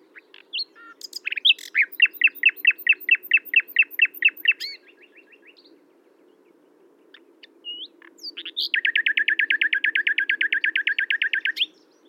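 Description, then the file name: Common nightingale song: a series of loud repeated chirping notes, a pause, then a long rapid series of even notes lasting about three seconds, over a low steady hum. "Luscinia megarhynchos"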